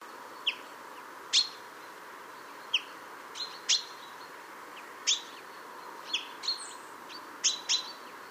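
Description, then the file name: Common chaffinch calls, short sharp high clicks and chinks repeated irregularly every second or so, over a steady broad background hiss. "Fringilla coelebs"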